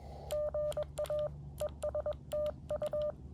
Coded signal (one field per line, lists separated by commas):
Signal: Morse code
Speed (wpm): 21 wpm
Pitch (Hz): 600 Hz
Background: none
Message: GA ES TU